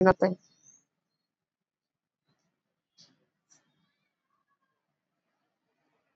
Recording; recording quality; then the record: shallow breathing; poor, much background noise or distortion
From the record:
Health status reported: exposed to COVID-19, no respiratory illness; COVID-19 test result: not tested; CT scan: not taken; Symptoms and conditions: cold, fever, another respiratory illness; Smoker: yes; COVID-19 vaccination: both doses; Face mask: worn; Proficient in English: yes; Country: India